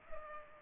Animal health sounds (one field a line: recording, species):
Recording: mosquito wingbeat signal from an infrared sensor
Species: Culex pipiens